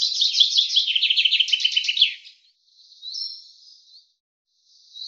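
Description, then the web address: Common chaffinch song, a bright trill of repeated notes lasting about two seconds, followed by a few softer single notes. "Deverinetal 2025 File cleaned normalized Bird Fr Co"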